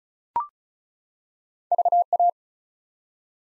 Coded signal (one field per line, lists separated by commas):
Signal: Morse code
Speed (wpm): 36 wpm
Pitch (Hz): 700 Hz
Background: none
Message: VA